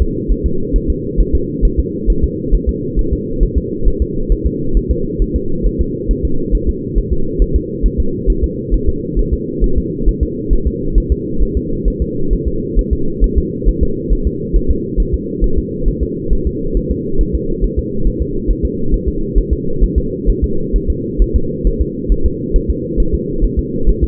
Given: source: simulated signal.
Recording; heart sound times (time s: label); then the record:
fetal heart sounds
0.02 s: S2
0.32 s: S1
0.46 s: S2
0.76 s: S1
0.90 s: S2
1.20 s: S1
1.35 s: S2
1.65 s: S1
1.80 s: S2
2.10 s: S1
2.24 s: S2
2.55 s: S1
2.69 s: S2
2.99 s: S1
3.13 s: S2
3.43 s: S1
3.58 s: S2
3.88 s: S1
4.02 s: S2
4.32 s: S1
4.47 s: S2
4.77 s: S1
4.91 s: S2
5.22 s: S1
5.36 s: S2
5.66 s: S1
5.81 s: S2
6.11 s: S1
6.25 s: S2
6.55 s: S1
6.69 s: S2
6.98 s: S1
7.13 s: S2
7.42 s: S1
7.56 s: S2
7.86 s: S1
8.00 s: S2
8.30 s: S1
8.44 s: S2
8.74 s: S1
8.89 s: S2
9.19 s: S1
9.33 s: S2
9.64 s: S1
9.78 s: S2
10.09 s: S1
10.23 s: S2
10.53 s: S1
10.67 s: S2
10.98 s: S1
11.12 s: S2
11.43 s: S1
11.57 s: S2
11.88 s: S1
12.02 s: S2
12.33 s: S1
12.48 s: S2
12.79 s: S1
12.93 s: S2
13.24 s: S1
13.38 s: S2
13.69 s: S1
13.83 s: S2
14.13 s: S1
14.27 s: S2
14.56 s: S1
14.71 s: S2
15.00 s: S1
15.14 s: S2
15.44 s: S1
15.58 s: S2
15.88 s: S1
16.03 s: S2
16.33 s: S1
16.47 s: S2
16.77 s: S1
16.91 s: S2
17.21 s: S1
17.35 s: S2
17.64 s: S1
17.79 s: S2
18.07 s: S1
18.22 s: S2
18.51 s: S1
18.65 s: S2
18.94 s: S1
19.08 s: S2
19.38 s: S1
19.53 s: S2
19.84 s: S1
19.98 s: S2
20.30 s: S1
20.44 s: S2
20.76 s: S1
20.90 s: S2
21.22 s: S1
21.36 s: S2
21.67 s: S1
21.81 s: S2
22.12 s: S1
22.26 s: S2
22.56 s: S1
22.70 s: S2
23.00 s: S1
23.14 s: S2
23.45 s: S1
23.59 s: S2
23.89 s: S1
24.04 s: S2
From the record:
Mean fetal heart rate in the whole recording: 135 bpm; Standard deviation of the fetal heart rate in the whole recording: 3 bpm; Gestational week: 36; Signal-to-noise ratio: -8.1 dB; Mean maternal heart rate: 72 bpm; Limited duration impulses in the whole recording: absent